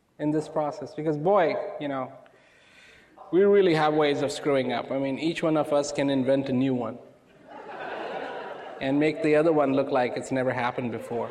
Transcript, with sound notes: in this process, cause boy, we really have ways of screwing up. I mean each one of us can invent a new one (laughter) and make the other one look like it's never happened before.